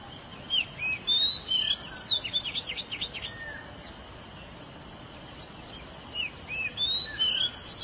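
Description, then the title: Oriental magpie-robin song, bright whistled notes and quick buzzy trills in bursts, pausing midway before resuming, over steady hiss. "Suara Kicauan Burung Kacer"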